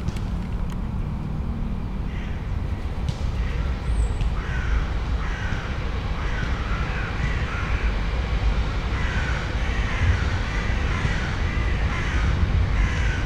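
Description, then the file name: Crow cawing, a run of hoarse, harsh caws repeated at short intervals over a constant low rumble, with a faint high bird note early on. Crows on a morning in a London park. "London-Millfields Park Morning Ambience crows birds"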